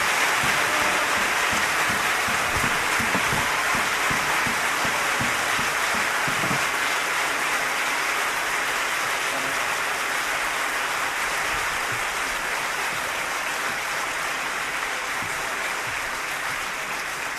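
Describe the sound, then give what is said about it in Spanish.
A crowd applauds the guitarists after a song, a dense wash of clapping that holds at full strength throughout, with a few louder individual claps standing out early on. “Gracias a las guitarras, un aplauso.”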